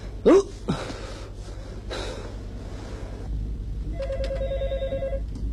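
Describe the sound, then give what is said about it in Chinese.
A telephone starts ringing near the end, one buzzy, rapidly trilling electronic tone lasting about a second. Before it come a couple of short breathy gasps over a low, steady rumble. “小杨电话。”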